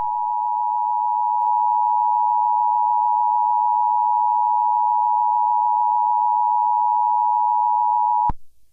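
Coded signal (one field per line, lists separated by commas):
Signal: Emergency Alert System (SAME) tones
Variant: 853 and 960 Hz attention tone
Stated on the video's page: Fictional EAS scenario of a hurricane, using valid EAS tones.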